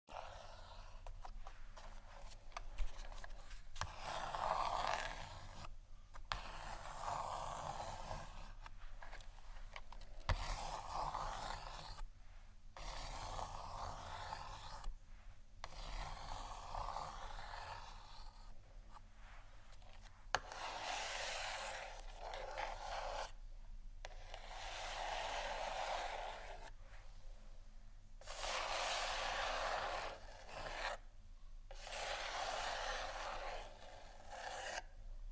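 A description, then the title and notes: ASMR scratching in steady rasping bursts of bright, dense texture, separated by brief gaps roughly every few seconds, over a low constant hum. ASMR Scratch & Tap For Your Nap（No Talking）.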